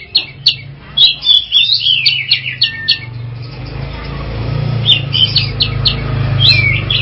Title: Audio Cendet Pentet